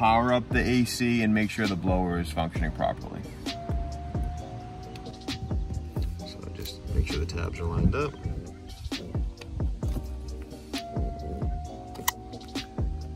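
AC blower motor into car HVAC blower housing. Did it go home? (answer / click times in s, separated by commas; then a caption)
yes / 12.1 s. A replacement AC blower motor for a Lexus IS350 is fitted into the plastic HVAC blower housing under the dash with its tabs lined up, while someone talks over background music. Scattered handling knocks lead up to one sharp click at 12.1 seconds as the motor seats in the housing.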